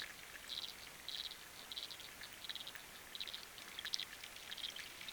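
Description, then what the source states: Frog calling underwater: short rasping bursts repeated at a steady pace, over a hiss of rain-like ticks. Recorded underwater with a hydrophone; rain and wind also audible.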